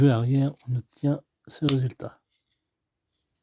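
A plastic part of the neck mechanism of a collectible model figure kit is handled as it goes into the figure's neck assembly. Someone talks for the first two seconds or so, then the clip falls quiet. Nothing has seated or clicked yet.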